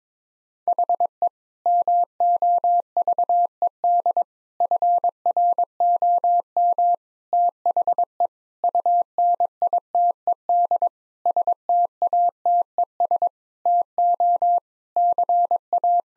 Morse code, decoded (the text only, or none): HE MOVED FROM THE UNITED STATES TO CA